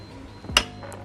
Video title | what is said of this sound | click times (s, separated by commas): Tutorial Lengkap Cara Mengoperasikan Kunci & Knob Keyless Honda Vario 160 | itu tapi itu berarti udah terkunci kenapa | 0.6 s